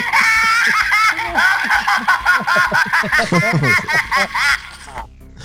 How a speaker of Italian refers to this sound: dentro c'era uno di quegli affari delle bambole uguale, identico, con dentro il dischetto della risata